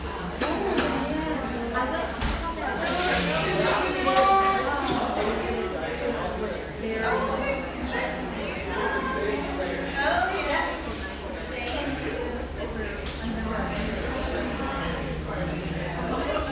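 Espresso shop ambience with a steady murmur of overlapping voices, several conversations blending together throughout. A constant low hum runs underneath, and small clinks and knocks of cups and dishes pop up now and then, with a brief sharper clatter near the fourth second.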